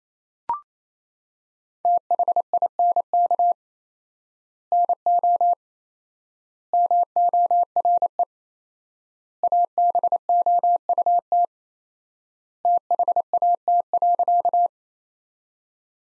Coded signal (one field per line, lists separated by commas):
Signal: Morse code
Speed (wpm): 28 wpm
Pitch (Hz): 700 Hz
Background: none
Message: THINK NO MORE ABOUT THAT.